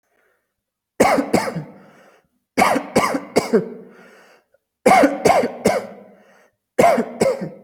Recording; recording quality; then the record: heavy voluntary cough; excellent, no background noise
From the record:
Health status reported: healthy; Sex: male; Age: 31 years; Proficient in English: yes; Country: India